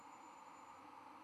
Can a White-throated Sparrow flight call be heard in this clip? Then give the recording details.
no. No flight call is heard. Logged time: 04:38 on 13 November 2014